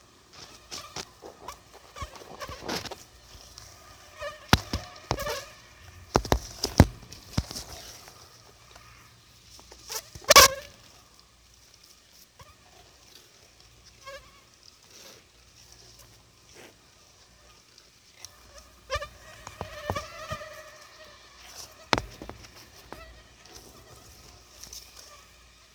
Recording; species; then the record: mosquito flight sound by mobile phone; Anopheles gambiae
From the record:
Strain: Akron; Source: CDC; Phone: Sony Xperia